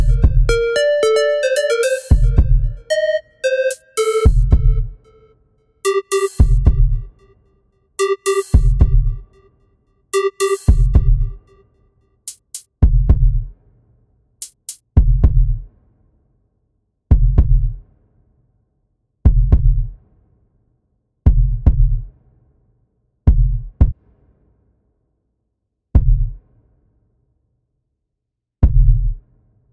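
Deep, muffled heartbeat thumps repeat slowly at about 28 a minute, somewhat unevenly spaced. Ringing tonal sounds overlay the first twelve seconds, then fade, leaving only the low heartbeat thuds against silence.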